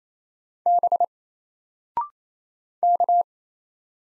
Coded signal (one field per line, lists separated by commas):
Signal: Morse code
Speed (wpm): 28 wpm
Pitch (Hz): 700 Hz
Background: none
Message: B K